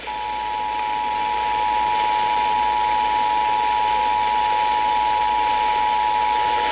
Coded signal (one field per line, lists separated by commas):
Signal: Emergency Alert System (SAME) tones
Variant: 853 and 960 Hz attention tone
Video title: The Missing KXI79 Severe Weather Circus | EAS Alerts From 5/13/2023 (EAS #2,046-2,067)